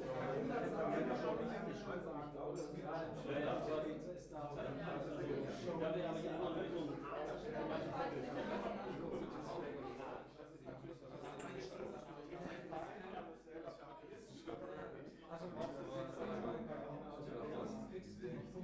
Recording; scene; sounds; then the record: everyday scene through a hearing-aid microphone; many people talking; many voices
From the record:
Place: bistro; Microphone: behind the ear, right, rear